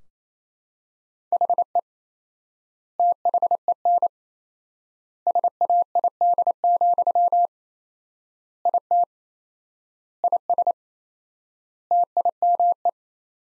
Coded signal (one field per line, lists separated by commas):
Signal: Morse code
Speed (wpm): 28 wpm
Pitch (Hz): 700 Hz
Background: none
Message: HE THEN SAID, IT IS TIME